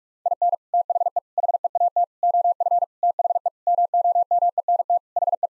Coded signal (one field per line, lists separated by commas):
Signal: Morse code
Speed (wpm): 41 wpm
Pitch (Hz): 700 Hz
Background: none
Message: IN THE HEAT OF THE MOMENT HE